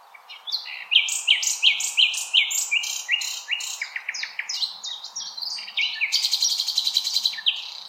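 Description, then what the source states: Common nightingale song, a run of repeated loud whistled notes followed by a fast rattling trill and a buzzy high phrase. Recorded 16 April 2021.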